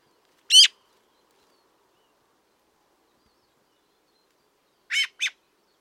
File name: Pica pica